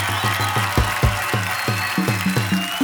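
A crowd applauds steadily in a dense, hissing wash of clapping while a bass guitar plays a run of deep, sliding notes beneath it.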